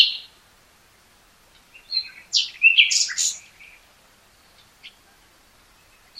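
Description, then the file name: Common nightingale delivering one rich song phrase of abrupt chirps and sweeping notes, with a short high note at the start and end and quiet gaps. "Luscinia megarhynchos"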